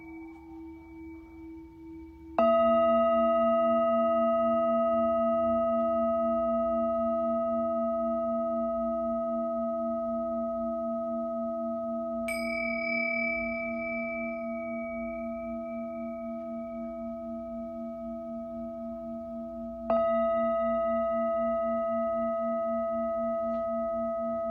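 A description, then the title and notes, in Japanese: A singing bowl is struck at about 2 seconds and again near 20 seconds, each strike ringing out in long, steady tones that fade only slowly. A brighter tone is added around 12 seconds. Beneath it all runs a faint, low rumble. シンギングボウルライブ。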